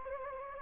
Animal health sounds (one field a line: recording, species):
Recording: mosquito wingbeat signal from an infrared sensor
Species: Anopheles gambiae